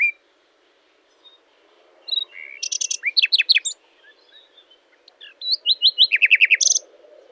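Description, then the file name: Common nightingale song: a brief note and a pause, then rapid phrases of sharp descending notes and clicks, followed by a second quick repeated series. "Luscinia megarhynchos"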